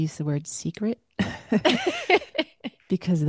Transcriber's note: laughs